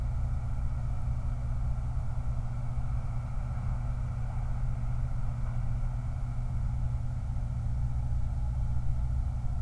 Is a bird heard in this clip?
no